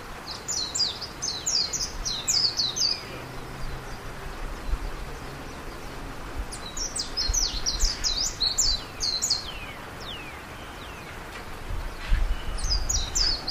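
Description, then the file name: Japanese white-eye giving high, thin chirping calls in quick downslurred series, three bursts throughout, over a low rumbling background. "Japanese Mejiro"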